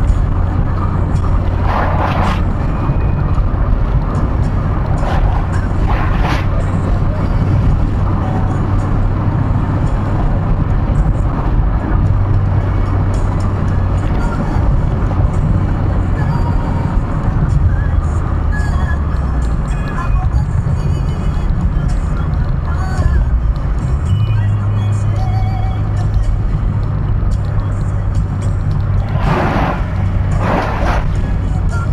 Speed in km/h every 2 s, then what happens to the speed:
102, 101, 106, 108, 113, 112, 108, 105, 89, 80, 72, 61, 60, 60, 59, 59.
0-10 speeds up to 112. 10-22 brakes to 61. 22-32 steady at about 60.